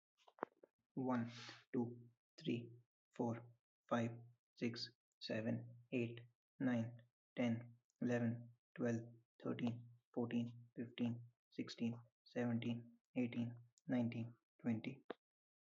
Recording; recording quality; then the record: counting at a normal pace; excellent, no background noise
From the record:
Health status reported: healthy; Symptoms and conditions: none ticked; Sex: male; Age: 27 years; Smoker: not ticked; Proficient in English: yes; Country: India